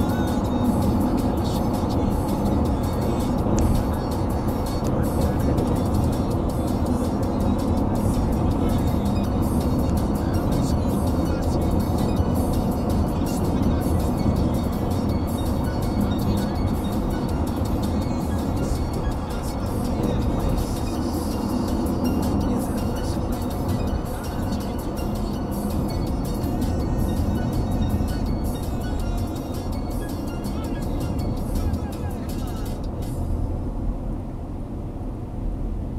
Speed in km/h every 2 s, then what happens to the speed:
92, 91, 89, 87, 84, 83, 83, 84, 87, 89, 86, 80, 74, 67, 60, 54, 45, 37.
0-10 slows to 83. 10-19 steady at about 84. 19-36 slows to 37.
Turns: none.